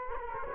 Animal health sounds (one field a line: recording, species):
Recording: mosquito wingbeat signal from an infrared sensor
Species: Culex quinquefasciatus